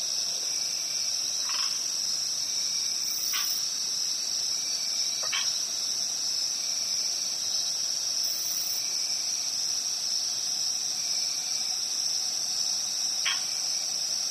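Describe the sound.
Cricket trill runs unbroken and shrill, joined now and then by short, sharp lower chirps.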